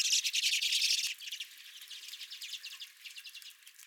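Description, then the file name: Redpolls with a loud burst of buzzy chattering for a second, then softer rapid call notes fading. Several redpolls at the recordist's feeder. "Redpolls at My Feeder"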